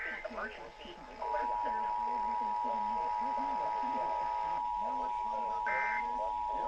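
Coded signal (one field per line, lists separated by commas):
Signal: Emergency Alert System (SAME) tones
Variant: 853 and 960 Hz attention tone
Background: speech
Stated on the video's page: Georgia required monthly tests received on four FM and AM radio stations.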